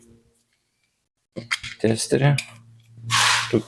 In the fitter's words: Tik užsifiksavo